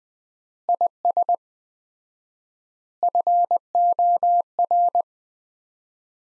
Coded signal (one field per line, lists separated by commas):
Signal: Morse code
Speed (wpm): 19 wpm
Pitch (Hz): 700 Hz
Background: none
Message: IS FOR